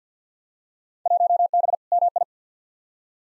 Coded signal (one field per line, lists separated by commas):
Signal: Morse code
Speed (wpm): 50 wpm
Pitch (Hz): 700 Hz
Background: none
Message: 1B MI